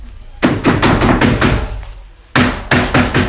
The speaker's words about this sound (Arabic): من يطرق الباب؟ أنا جارك في السوق يا مولانا.